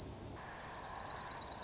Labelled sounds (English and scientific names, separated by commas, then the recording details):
Dark-eyed Junco (Junco hyemalis)
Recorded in Sonoma County, California